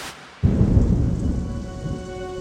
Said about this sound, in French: Et peu importe la pluie torrentielle et le vent glacial, aujourd'hui s'ouvre le procès du siècle